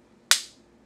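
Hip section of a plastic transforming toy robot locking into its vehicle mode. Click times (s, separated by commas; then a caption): 0.3 s. The hip section of a small plastic transforming robot toy is pushed in during its car-mode transformation. A single sharp, bright plastic snap sounds at 0.3 s and decays quickly into quiet. The hip snaps into place, locking the toy into its vehicle mode.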